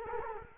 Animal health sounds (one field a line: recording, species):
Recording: mosquito wingbeat signal from an infrared sensor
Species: Culex quinquefasciatus